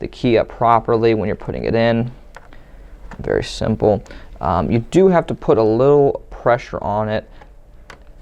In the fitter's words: kind of make sure you hear that click when it clicks in